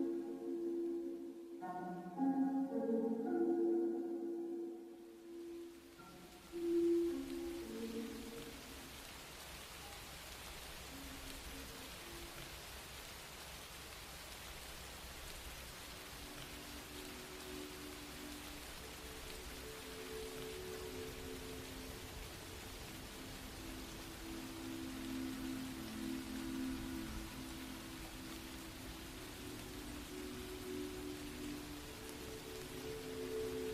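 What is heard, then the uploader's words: Soft rain hisses steadily through the whole recording, an even, dense patter. For the first six or seven seconds, a few clear melodic notes ring out over it. After that, only faint sustained low tones drift beneath the constant rain. Music with soft rain.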